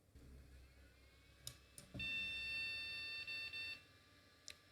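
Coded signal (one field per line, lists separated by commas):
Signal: beep code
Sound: clicks, then one long high beep followed by two short beeps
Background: clicks, low fan hum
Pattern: 1 long, 2 short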